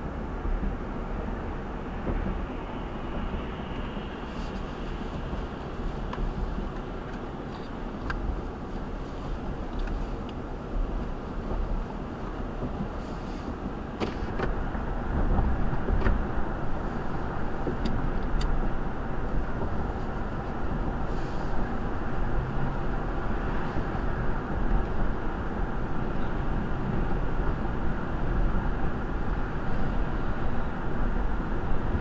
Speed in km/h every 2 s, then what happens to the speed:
72, 71, 71, 71, 72, 74, 74, 74, 74, 74, 76, 76, 77, 77, 74, 76.
0-32 steady at about 74.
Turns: none.